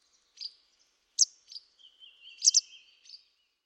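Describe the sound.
Bird calls: several high, sharp chirps, the later ones over a thin, wavering trill.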